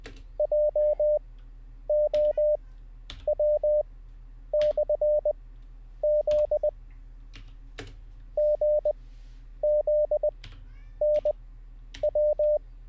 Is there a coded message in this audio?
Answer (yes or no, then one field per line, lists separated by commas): yes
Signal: Morse code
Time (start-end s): 0.4-12.6 s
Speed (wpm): 20 wpm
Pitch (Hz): 600 Hz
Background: none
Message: JOW/Z GZNW